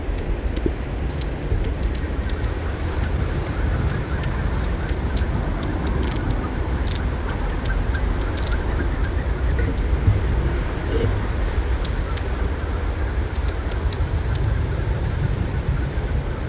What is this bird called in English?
Long-tailed Tit